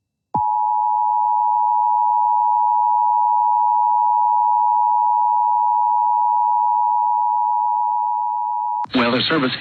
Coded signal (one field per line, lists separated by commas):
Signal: Emergency Alert System (SAME) tones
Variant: 853 and 960 Hz attention tone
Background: speech